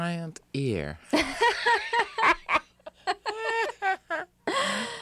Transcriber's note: laughter